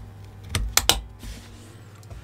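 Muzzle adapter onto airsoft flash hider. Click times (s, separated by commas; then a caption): 0.8 s, 0.9 s. An AceTech Thor muzzle adapter is slid onto the orange plastic Crytek flash hider of an airsoft replica, a Vector Crytek. A soft contact sound comes at about 0.5 s, then two sharp clicks at 0.8 s and 0.9 s as the adapter clips in place. It is seated and no longer moves.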